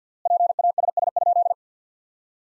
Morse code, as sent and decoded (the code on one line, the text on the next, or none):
.--. .- ... ... ..--..
PASS?